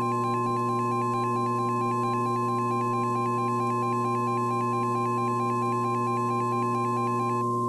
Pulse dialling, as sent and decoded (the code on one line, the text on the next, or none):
none